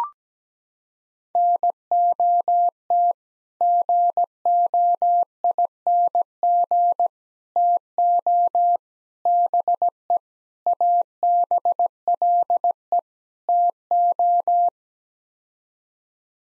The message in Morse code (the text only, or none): NOT GOING TO BE ABLE TO